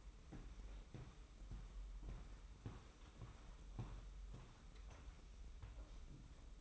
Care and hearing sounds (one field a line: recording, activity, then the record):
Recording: daily activity, microphone in the room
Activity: walk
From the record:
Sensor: 1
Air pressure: 990.7 hPa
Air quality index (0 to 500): 148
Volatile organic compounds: 1000 ppm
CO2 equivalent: 5328 ppm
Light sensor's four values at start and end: 28/67/28/31 and 26/61/26/28